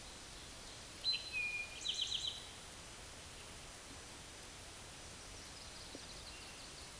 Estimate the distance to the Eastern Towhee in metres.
about 25 m